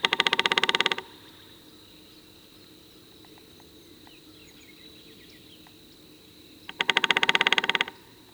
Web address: Red-bellied Woodpecker